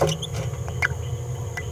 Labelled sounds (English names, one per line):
Green-rumped Parrotlet babbling